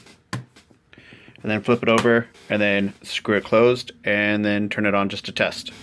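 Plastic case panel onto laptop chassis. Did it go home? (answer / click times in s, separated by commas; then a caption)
yes / 0.3 s. During reassembly after a RAM upgrade, the front plastic case panel of an HP Pavilion x360 convertible laptop is pressed back onto the chassis and snaps into place with a sharp click at 0.3 s. Someone then talks for the rest of the clip.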